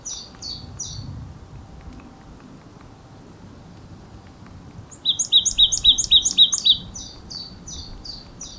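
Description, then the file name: Marsh tit calls: three short high notes, a pause, then a rapid run of bright paired chips with a two-tone pattern repeated about four times a second. "Poecile palustris"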